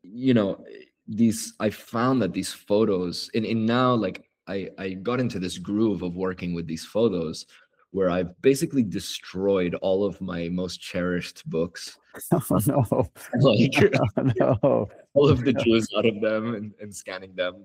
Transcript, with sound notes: you know, these I found that these photos and and now like I I got intothis groove of working with these photos where I’ve basically destroyed all of mymost cherished books. Oh no, [laughter] all of the juice out of them andscanning them.